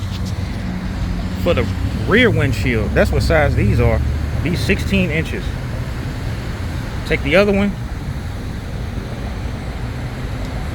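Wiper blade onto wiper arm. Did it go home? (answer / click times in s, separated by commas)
no / none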